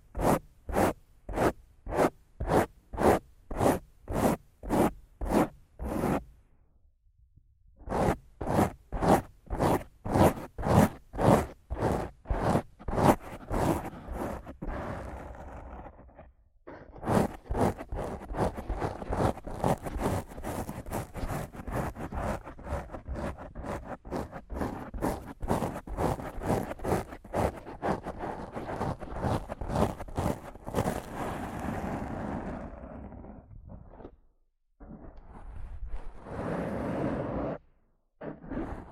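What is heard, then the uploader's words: Rough scratching and brushing on a microphone, starting as evenly spaced strokes about three per second, pausing near six seconds, then speeding up. From around seventeen seconds the rubbing turns dense and continuous, with short breaks near thirty-four and thirty-eight seconds. ASMR Rough Mic Scratching & Brushing (No Talking).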